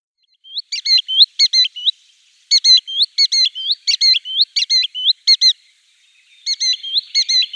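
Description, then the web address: Green sandpiper display call: fast bursts of clear, rising whistled notes mixed with paired ringing notes, repeated rhythmically with short pauses between bursts, over a quiet background. "Schulze Peter Green Sandpiper display"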